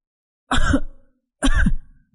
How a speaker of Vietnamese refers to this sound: Phong ho ra máu. Sau mỗi tiếng ho, máu từ miệng Phong cứ thế bắn xuống nền nhà mỗi lúc một nhiều.